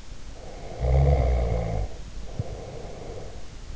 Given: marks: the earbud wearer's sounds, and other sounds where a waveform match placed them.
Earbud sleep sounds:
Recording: sounds in sleep by an in-ear microphone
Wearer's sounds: snoring breath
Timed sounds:
0.24-3.53 s: snoring breath

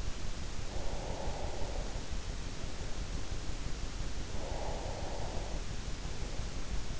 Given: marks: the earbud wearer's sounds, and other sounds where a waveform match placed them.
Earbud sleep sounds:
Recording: sounds in sleep by an in-ear microphone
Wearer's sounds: breath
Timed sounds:
0.68-2.17 s: breath
4.21-5.56 s: breath

